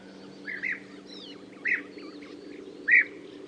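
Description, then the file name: European bee-eater calls: three short, rolling, liquid notes spaced about a second apart, with fainter overlapping calls and a steady low hum behind. "Gruccione"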